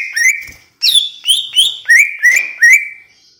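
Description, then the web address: Greater green leafbird song: loud whistled notes with bright overtones, several sliding down then up, repeated about three per second after a short opening phrase. Banyuwangi; described as gacor (singing persistently). "cucak ijo banyuwangi"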